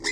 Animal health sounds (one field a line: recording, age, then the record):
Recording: pig call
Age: weaner (32 to 43 days)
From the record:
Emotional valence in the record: negative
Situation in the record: long isolation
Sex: female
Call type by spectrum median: high-frequency call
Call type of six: high-frequency stable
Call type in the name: high-frequency stable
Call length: 0.12 s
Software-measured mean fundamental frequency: 331 Hz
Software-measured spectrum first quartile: 1634 Hz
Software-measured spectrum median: 2911 Hz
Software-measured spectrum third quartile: 5561 Hz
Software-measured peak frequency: 2034 Hz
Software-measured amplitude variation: 150 dB a second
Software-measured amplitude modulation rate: 8.5 a second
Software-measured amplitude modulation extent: 17.6 dB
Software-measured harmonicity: 2.5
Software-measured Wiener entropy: -2.98